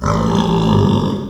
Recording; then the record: squeal of a Yucatan mini pig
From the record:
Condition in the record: after surgery on the right vocal fold (resection and tissue-engineered implant); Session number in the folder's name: 17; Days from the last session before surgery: 195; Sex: female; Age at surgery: 19 weeks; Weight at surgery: 25 kg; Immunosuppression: prednisolone